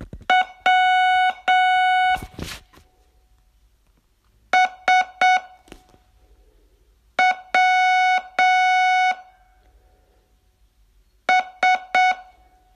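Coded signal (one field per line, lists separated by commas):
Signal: Morse code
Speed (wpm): 7 wpm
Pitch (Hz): 740 Hz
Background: none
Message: W S W S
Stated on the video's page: Day 9 of a 42-day Morse training course.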